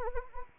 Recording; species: mosquito wingbeat signal from an infrared sensor; Anopheles arabiensis